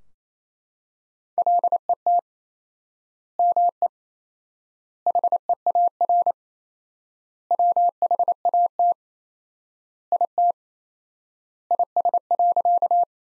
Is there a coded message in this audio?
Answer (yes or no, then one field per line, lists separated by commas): yes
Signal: Morse code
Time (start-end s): 1.4-13.0 s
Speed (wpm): 28 wpm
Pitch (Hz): 700 Hz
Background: none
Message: LET ME HEAR WHAT IT IS.